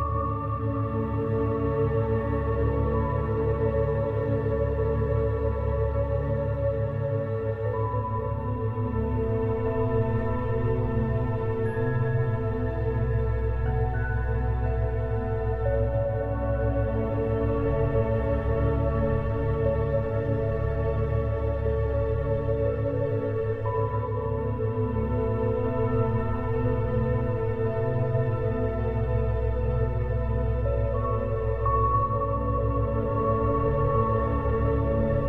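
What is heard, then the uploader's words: Alpha binaural beats: a steady, low humming drone with soft sustained tones layered above, slowly shifting pitches, constant level throughout, no distinct events. Alpha Binaural Beats - Calming Music for Nerves.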